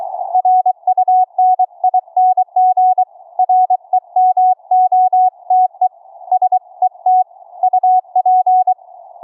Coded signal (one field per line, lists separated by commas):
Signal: Morse code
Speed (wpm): 21 wpm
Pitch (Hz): 740 Hz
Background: none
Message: RUNING REMOTE SETUP